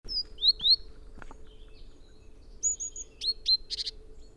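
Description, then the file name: Great tit calling with short, high whistled notes and sliding chirps, ending in a quick burst of buzzy, repeated notes, over a low steady hum. "Parus major"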